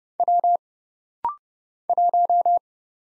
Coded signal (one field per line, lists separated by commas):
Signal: Morse code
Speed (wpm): 31 wpm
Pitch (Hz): 700 Hz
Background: none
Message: W 1